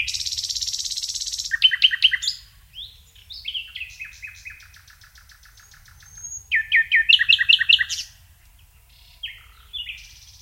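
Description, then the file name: Common nightingale singing varied phrases: a rasping buzz, fast repeated chirps, softer trilled runs, then another burst of loud rapid notes and scattered whistles. "Luscinia megarhynchos"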